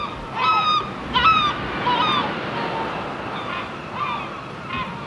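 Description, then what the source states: Gulls giving loud, harsh, laughing cries in quick clusters, several birds overlapping, with constant surf in the background. Seagulls on the shore.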